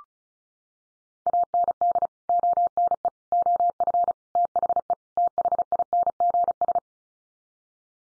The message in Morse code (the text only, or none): AND ONE OF THE THINGS